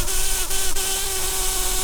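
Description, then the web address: Brown-banded carder bee buzzing, a steady even hum held throughout with a brief dip near the middle, over constant background hiss. Queens. "Humilis queens"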